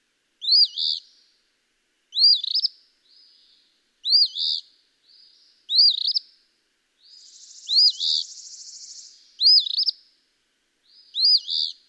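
Eastern phoebe giving its harsh two-note fee-bee phrase steadily about every two seconds, seven phrases, with a long buzzy trill partway through.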